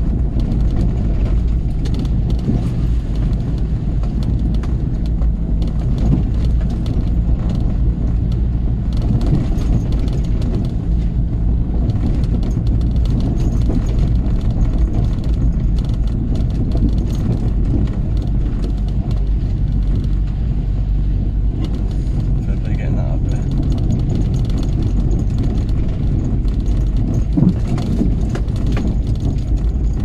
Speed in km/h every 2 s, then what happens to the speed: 23, 21, 21, 23, 24, 23, 23, 23, 21, 19, 19, 19, 18, 19, 21.
0-30 steady at about 21.